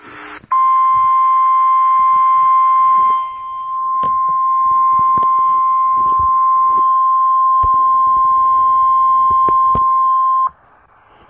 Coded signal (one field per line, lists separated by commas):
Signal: Emergency Alert System (SAME) tones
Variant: 1050 Hz attention tone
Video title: EAS #47